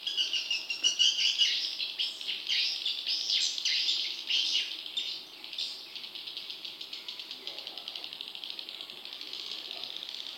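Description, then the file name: Swiftlet twittering, a rapid train of high clicking chirps, strong at first and then fading to a steadier, softer chatter. "suara burung walet"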